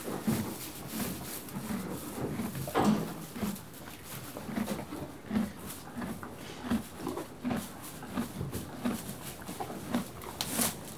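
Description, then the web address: Horse chewing hay: repeated soft crunches and rustles, with a few louder bumps and a brief sharp sound near the end. One horse eating hay and moving. "BBC Sound Effects Library. One horse eating hay"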